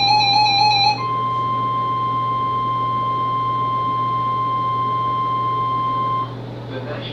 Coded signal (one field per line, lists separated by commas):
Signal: Emergency Alert System (SAME) tones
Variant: 1050 Hz attention tone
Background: speech, music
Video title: Corrupted Files... Yayyyy... | EAS #350-355 (Severe Weather Alerts from 1/27-28/2024)